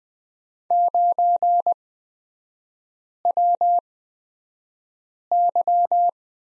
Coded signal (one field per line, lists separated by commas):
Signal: Morse code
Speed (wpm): 20 wpm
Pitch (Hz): 700 Hz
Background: none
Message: 9WY